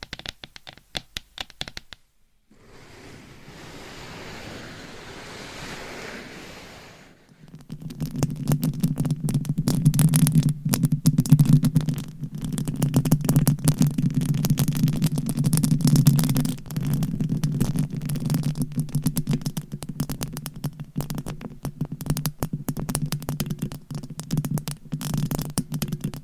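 Scratching and tapping sounds, opening with scattered crackly clicks, then a soft, steady hiss of rubbing for a few seconds. From about eight seconds a dense, rapid scratching takes over and continues to the end, louder and rougher, with a low rumble beneath it.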